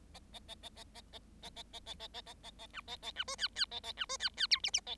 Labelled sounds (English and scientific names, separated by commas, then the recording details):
Bengalese Finch (Lonchura striata domestica) song
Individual Bird7